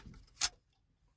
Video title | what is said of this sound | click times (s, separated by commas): Jeep TJ Safari Project Building the Overland Jeep CB Radio is EPIC Part 10 | look at this thing it just snaps right into here | 0.1 s, 0.3 s